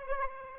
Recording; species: mosquito wingbeat signal from an infrared sensor; Aedes aegypti